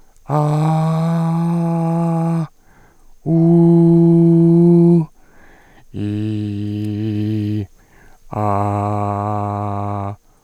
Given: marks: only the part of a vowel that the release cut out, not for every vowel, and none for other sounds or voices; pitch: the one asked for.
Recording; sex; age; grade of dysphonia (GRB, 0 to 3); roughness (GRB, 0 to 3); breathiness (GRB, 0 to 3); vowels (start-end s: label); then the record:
sustained vowels; male; 30 to 39 years; 2; 2; 1
0.45-2.34 s: vowel /a/, high pitch
3.53-4.93 s: vowel /u/, high pitch
6.11-7.55 s: vowel /i/, low pitch
8.45-10.00 s: vowel /a/, low pitch
From the record:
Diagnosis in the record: recurrent laryngeal nerve paralysis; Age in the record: 32 years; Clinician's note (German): Idiopatisch; mit inkompletter Kompensation